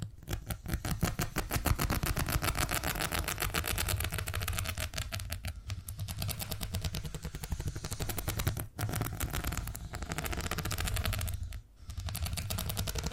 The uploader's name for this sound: ASMR Brain Tingly Purring Triggers